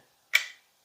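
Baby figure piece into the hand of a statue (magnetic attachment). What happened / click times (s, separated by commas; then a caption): The small magnetic part snapped into place / 0.3 s. A magnetic baby Naruto piece is placed into Kurama's hand on a 1/6 scale resin statue. It snaps on with a single sharp clack at 0.4 s, with a quick fade that follows, and no one talks. The piece is held in place by the magnet and is seated.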